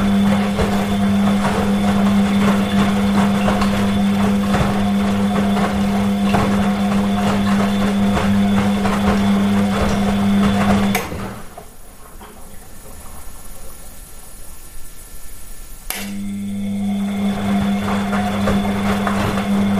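A running washing machine hums with a steady low drone, cuts out abruptly around eleven seconds, then resumes sharply near sixteen seconds.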